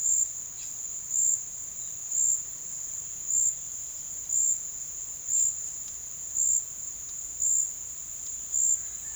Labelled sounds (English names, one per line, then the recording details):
none
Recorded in secondary vegetation near Puerto Asís, Putumayo, Colombia, on 23 June 2025 at 12:30
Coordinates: 0.498, -76.327
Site GP09